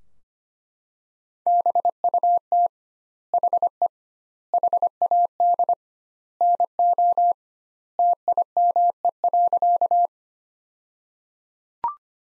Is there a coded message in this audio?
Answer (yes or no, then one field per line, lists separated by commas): yes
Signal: Morse code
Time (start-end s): 1.5-10.1 s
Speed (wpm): 25 wpm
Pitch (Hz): 700 Hz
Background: none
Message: BUT HE HAD NO TIME.